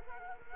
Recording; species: mosquito wingbeat signal from an infrared sensor; Culex quinquefasciatus